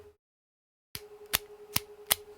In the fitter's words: but yeah okay so it's a click but you can locks into place how is that for a little bit of amsr